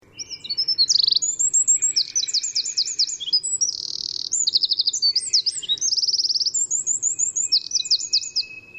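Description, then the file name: Eurasian wren singing a fast, shrill outpouring of rattling trills and piercing notes, nearly continuous throughout. "Troglodytes troglodytes"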